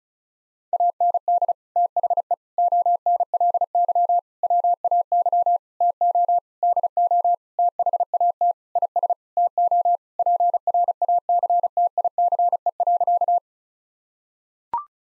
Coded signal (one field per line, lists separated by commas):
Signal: Morse code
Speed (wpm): 36 wpm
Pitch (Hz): 700 Hz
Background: none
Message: AND THE ONLY WAY TO DO THAT IS TO PRACTICE.